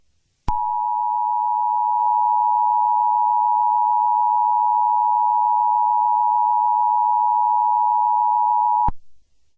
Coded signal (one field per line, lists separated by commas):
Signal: Emergency Alert System (SAME) tones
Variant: 853 and 960 Hz attention tone